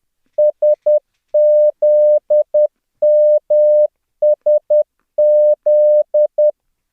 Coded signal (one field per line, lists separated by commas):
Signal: Morse code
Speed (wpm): 10 wpm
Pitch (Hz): 600 Hz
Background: none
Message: SZMSZ